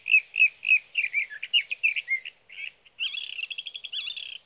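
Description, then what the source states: Sage thrasher singing, repeated warbles giving way to a fast, buzzy-edged chatter of closely spaced notes that runs to the end. Male singing near his night roost through the night, from the evening of June 12 to the morning of June 15, 2018, Sierra Valley, California; Swift recorder.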